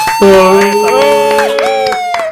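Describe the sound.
Loud cheering: a sustained, whooping voice that slides up and down in pitch over a scattering of sharp claps, lasting about two seconds before cutting off.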